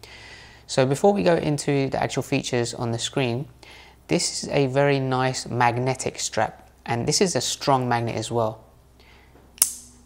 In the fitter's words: can see and hear how quickly that clicks into place.